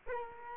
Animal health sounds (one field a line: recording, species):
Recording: mosquito wingbeat signal from an infrared sensor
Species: Culex quinquefasciatus